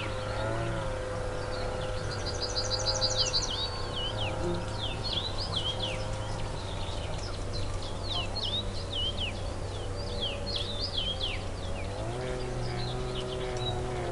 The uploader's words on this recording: Forest Echoes: Relaxing Nature Noises. Serene woodland noises.